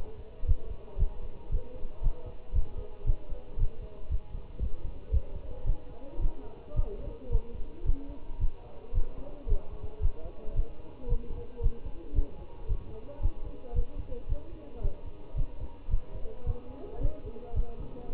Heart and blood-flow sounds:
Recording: heart sounds by stethoscope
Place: between the tricuspid and mitral areas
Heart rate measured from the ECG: 112 bpm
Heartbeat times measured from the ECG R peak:
0.48 s: heartbeat
1.00 s: heartbeat
1.52 s: heartbeat
2.04 s: heartbeat
2.55 s: heartbeat
3.07 s: heartbeat
3.60 s: heartbeat
4.11 s: heartbeat
4.62 s: heartbeat
5.13 s: heartbeat
5.67 s: heartbeat
6.22 s: heartbeat
6.76 s: heartbeat
7.32 s: heartbeat
7.86 s: heartbeat
8.41 s: heartbeat
8.95 s: heartbeat
9.49 s: heartbeat
10.02 s: heartbeat
10.56 s: heartbeat
11.09 s: heartbeat
11.63 s: heartbeat
12.16 s: heartbeat
12.69 s: heartbeat
13.23 s: heartbeat
13.76 s: heartbeat
14.29 s: heartbeat
14.83 s: heartbeat
15.37 s: heartbeat
15.91 s: heartbeat
16.47 s: heartbeat
17.02 s: heartbeat
17.56 s: heartbeat
18.11 s: heartbeat
From the record:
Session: Bruce protocol treadmill stress test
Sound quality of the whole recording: good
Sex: male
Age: 25 years

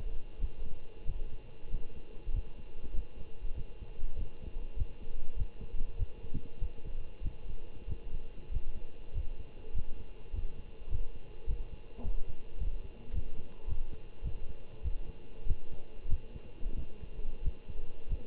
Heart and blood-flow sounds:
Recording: heart sounds by stethoscope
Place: between the tricuspid and mitral areas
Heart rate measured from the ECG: 98 bpm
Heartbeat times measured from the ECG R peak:
0.38 s: heartbeat
1.05 s: heartbeat
1.69 s: heartbeat
2.32 s: heartbeat
2.93 s: heartbeat
3.55 s: heartbeat
4.16 s: heartbeat
4.76 s: heartbeat
5.36 s: heartbeat
5.96 s: heartbeat
6.58 s: heartbeat
7.21 s: heartbeat
7.87 s: heartbeat
8.50 s: heartbeat
9.13 s: heartbeat
9.73 s: heartbeat
10.32 s: heartbeat
10.89 s: heartbeat
11.46 s: heartbeat
12.02 s: heartbeat
12.58 s: heartbeat
13.12 s: heartbeat
13.66 s: heartbeat
14.22 s: heartbeat
14.82 s: heartbeat
15.45 s: heartbeat
16.08 s: heartbeat
16.75 s: heartbeat
17.42 s: heartbeat
18.08 s: heartbeat
From the record:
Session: Bruce protocol treadmill stress test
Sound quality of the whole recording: good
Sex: male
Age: 25 years

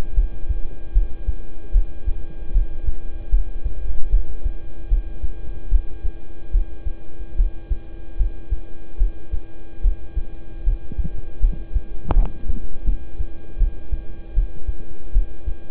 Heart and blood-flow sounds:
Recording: heart sounds by stethoscope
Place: between the tricuspid and mitral areas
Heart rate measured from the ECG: 76 bpm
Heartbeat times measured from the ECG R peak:
0.14 s: heartbeat
0.93 s: heartbeat
1.72 s: heartbeat
2.52 s: heartbeat
3.30 s: heartbeat
4.10 s: heartbeat
4.88 s: heartbeat
5.69 s: heartbeat
6.51 s: heartbeat
7.36 s: heartbeat
8.17 s: heartbeat
8.97 s: heartbeat
9.81 s: heartbeat
10.64 s: heartbeat
11.40 s: heartbeat
12.13 s: heartbeat
12.84 s: heartbeat
13.58 s: heartbeat
14.34 s: heartbeat
15.12 s: heartbeat
From the record:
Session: rest, lying down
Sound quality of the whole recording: good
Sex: male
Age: 26 years

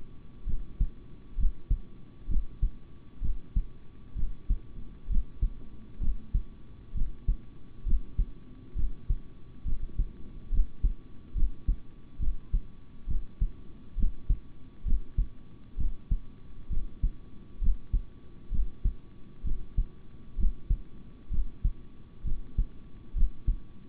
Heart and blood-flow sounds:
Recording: heart sounds by stethoscope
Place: between the tricuspid and mitral areas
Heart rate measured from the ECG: 66 bpm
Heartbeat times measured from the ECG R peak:
0.45 s: heartbeat
1.36 s: heartbeat
2.28 s: heartbeat
3.21 s: heartbeat
4.15 s: heartbeat
5.08 s: heartbeat
6.00 s: heartbeat
6.94 s: heartbeat
7.85 s: heartbeat
8.75 s: heartbeat
9.64 s: heartbeat
10.51 s: heartbeat
11.34 s: heartbeat
12.19 s: heartbeat
13.07 s: heartbeat
13.96 s: heartbeat
14.84 s: heartbeat
15.77 s: heartbeat
16.69 s: heartbeat
17.60 s: heartbeat
18.51 s: heartbeat
19.43 s: heartbeat
20.37 s: heartbeat
21.30 s: heartbeat
22.24 s: heartbeat
23.14 s: heartbeat
From the record:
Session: rest, sitting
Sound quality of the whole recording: good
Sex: male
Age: 26 years

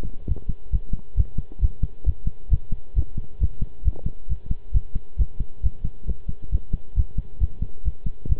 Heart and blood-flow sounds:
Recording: heart sounds by stethoscope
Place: between the tricuspid and mitral areas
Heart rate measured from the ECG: 135 bpm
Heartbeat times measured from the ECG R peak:
0.28 s: heartbeat
0.72 s: heartbeat
1.17 s: heartbeat
1.61 s: heartbeat
2.06 s: heartbeat
2.51 s: heartbeat
2.96 s: heartbeat
3.40 s: heartbeat
3.85 s: heartbeat
4.29 s: heartbeat
4.74 s: heartbeat
5.18 s: heartbeat
5.63 s: heartbeat
6.07 s: heartbeat
6.52 s: heartbeat
6.96 s: heartbeat
7.40 s: heartbeat
7.84 s: heartbeat
8.29 s: heartbeat
From the record:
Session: pedaling a stationary bicycle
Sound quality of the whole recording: good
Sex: male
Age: 23 years

